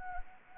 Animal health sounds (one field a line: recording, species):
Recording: mosquito wingbeat signal from an infrared sensor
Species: Anopheles arabiensis